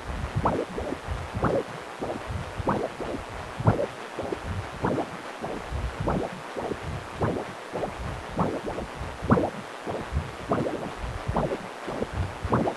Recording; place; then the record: Doppler ultrasound of blood flow; precordium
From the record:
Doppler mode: continuous wave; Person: healthy adult, 18 to 50 years, no heart murmur, not diving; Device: 2.5 MHz transducer